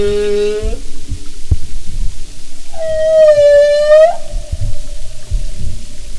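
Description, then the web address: Humpback whale call: a short flat tonal note, then a longer steady higher moan with a slight rise at the end, over low rumbling background. "Marine Mammals humpback"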